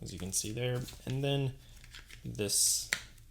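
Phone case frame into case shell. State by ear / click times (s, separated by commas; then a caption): not seated / none. Someone talks while handling the rugged plastic front frame of a phone case, with the phone inside, as it is brought to the back shell of the case. A few faint clicks of handling are heard between the words, and one short tap comes near 3.2 s. Nothing has seated or snapped into place yet.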